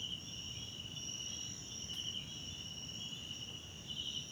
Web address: Tonschliff - SOUTH AFRICAN CRICKETS BG South Africa Wetland Park Kosi Forest Lodge Night